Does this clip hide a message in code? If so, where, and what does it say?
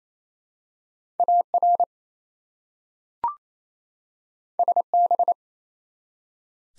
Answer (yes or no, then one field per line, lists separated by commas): yes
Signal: Morse code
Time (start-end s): 1.2-5.3 s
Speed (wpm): 28 wpm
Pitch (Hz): 700 Hz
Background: none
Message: AR SB